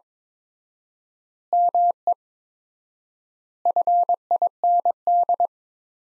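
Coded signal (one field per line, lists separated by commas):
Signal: Morse code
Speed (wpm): 22 wpm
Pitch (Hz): 700 Hz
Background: none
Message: ME FIND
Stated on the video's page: Morse practice sentences from the top 200 words at 22 wpm with 4x standard word spacing, a word-level analogue of Farnsworth spacing.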